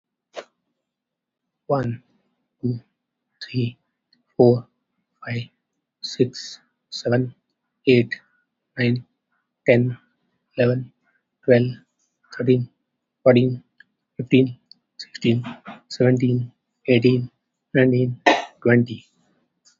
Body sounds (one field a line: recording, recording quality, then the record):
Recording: counting at a normal pace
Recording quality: excellent, no background noise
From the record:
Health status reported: COVID-19 positive, moderate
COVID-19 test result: positive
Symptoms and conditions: cough, breathing difficulty, fever, muscle pain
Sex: male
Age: 43 years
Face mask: worn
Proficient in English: yes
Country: India